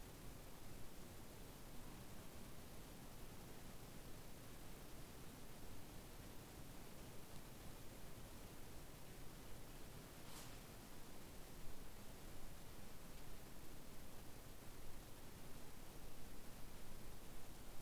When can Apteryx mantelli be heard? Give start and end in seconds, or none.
none